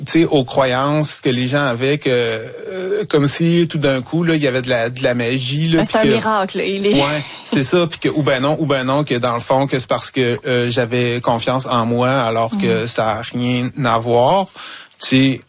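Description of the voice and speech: A 47-year-old man who still stutters speaks conversational Quebec French, mostly fluently, with a repeated phrase, several stretched vowels and a halting, drawn-out break in the final words. These are mild stuttering disfluencies, a neurodevelopmental speech disorder.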